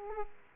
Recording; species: mosquito wingbeat signal from an infrared sensor; Aedes aegypti